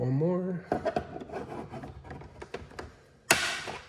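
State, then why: Released. Someone talks briefly, then handles the mirror cap on a Ford truck's side mirror while releasing the last of the three plastic clips that hold it to the mirror housing, with a few light taps and rubs. A sharp click at 3.3 s marks that clip popping loose, leaving the mirror cap released and loose.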